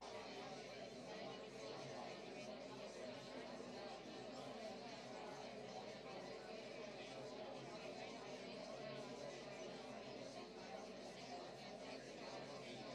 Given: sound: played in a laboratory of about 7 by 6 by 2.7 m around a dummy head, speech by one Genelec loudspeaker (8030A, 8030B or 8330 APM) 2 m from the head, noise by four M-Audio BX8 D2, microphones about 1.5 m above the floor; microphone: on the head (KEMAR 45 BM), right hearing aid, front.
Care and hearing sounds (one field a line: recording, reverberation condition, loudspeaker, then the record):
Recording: babble noise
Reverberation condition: low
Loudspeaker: four, about 170 cm from the corners of the room and facing them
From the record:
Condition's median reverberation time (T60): about 310 ms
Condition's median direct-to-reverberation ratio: about 3.5 dB